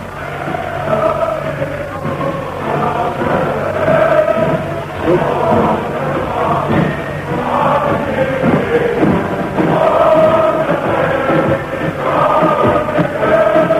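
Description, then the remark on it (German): A large crowd outside cheers and roars continuously for the new Reich Chancellor Adolf Hitler while music plays along underneath, heard through an open window. The whole sound is dense, steady and somewhat muffled, swelling slightly at moments without ever breaking off. “Sie können jetzt besonders gut hören, wie die Menge jubelt.”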